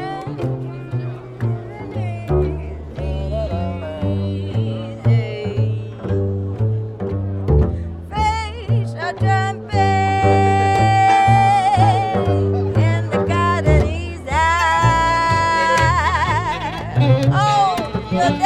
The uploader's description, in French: Nuit Debout à Nantes Place du Bouffay